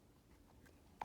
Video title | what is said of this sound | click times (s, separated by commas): [NEW]How To Disassemble and Reassemble an AR-15 22 Caliber M&P Smith And Weston [UPDTATED] | hear that tiny little click | 1.0 s